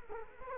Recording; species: mosquito wingbeat signal from an infrared sensor; Culex quinquefasciatus